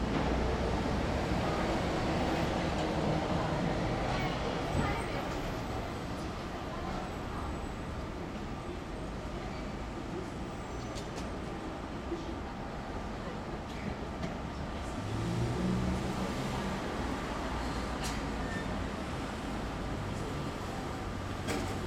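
Station life: a continuous low rumble of trains and activity fills the whole stretch, with a steady faint tone running underneath. Voices murmur at times, and brief clicks and knocks break through, clustered around the middle and again near the end.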